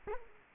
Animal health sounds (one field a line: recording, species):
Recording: mosquito wingbeat signal from an infrared sensor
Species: Culex quinquefasciatus